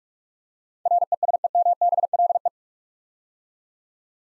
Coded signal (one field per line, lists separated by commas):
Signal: Morse code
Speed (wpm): 44 wpm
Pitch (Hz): 700 Hz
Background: none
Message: RESEMBLE